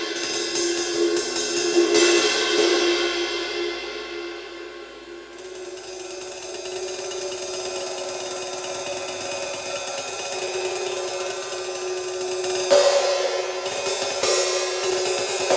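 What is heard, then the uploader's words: Three ride cymbals ring together in a dense, bright shimmer, swelling with fresh strikes near the start and again around thirteen seconds. Three ride cymbals working together. 20” Funch “old K clone”, 21” Paiste Signature prototype, and 20” Sabian Encore flat ride.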